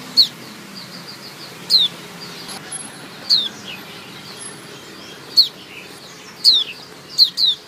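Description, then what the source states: White-eye calls, thin descending high notes repeated irregularly, closer together toward the end, against constant hiss. Female.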